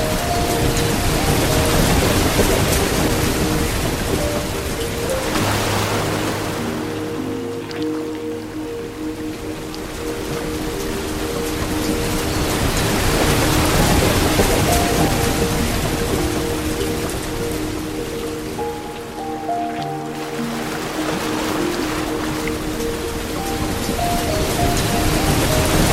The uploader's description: soothing piano melodies and the gentle sounds of a soft water stream